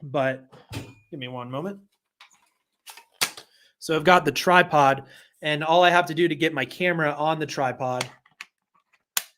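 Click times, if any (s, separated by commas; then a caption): 9.2 s. Someone talks while a camera with a quick release plate on its base is pushed into a tripod's quick release clamp. A sharp snap at 9.2 s marks the plate locking into the clamp, and the camera is seated and secure.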